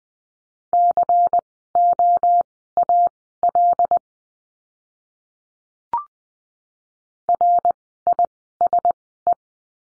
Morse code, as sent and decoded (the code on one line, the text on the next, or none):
-.-. --- .- .-.. / .-. .. ... .
COAL RISE